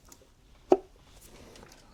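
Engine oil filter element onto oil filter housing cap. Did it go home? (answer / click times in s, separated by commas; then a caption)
yes / 0.7 s. A new paper oil filter element for an Audi 3.0 TDI A6 C6 4F is located by its peg into the hole in the plastic oil filter housing cap and pushed on. It firmly pops into place with a single sharp click at 0.7 s against a quiet background, and the element is seated on the cap.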